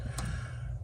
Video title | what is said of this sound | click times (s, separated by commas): 1965 Nova Build - Rear end removal with a side of wiring! | snaps right in it goes up and inside comes down then this clip | 0.2 s